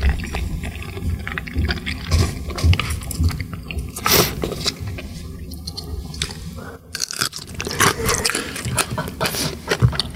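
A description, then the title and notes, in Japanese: Someone eats sushi, with a steady low rumble under busy handling noises, soft taps and wet mouth sounds. A bright clatter stands out around four seconds; after a brief lull near seven seconds, scraping and rustling resume until the end. 寿司を食うだけの時間。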